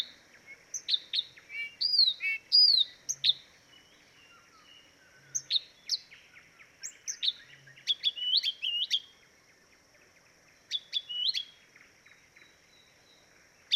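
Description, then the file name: Blyth's reed warbler: songbird giving quick varied phrases of ticks and short slurred whistles in bursts, with quiet gaps between, over a thin constant high hiss. Recorded at Dviete. "dviete acrocephalus dumetorum"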